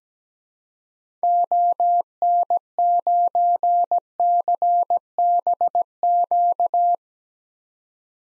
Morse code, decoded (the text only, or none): ON9CBQ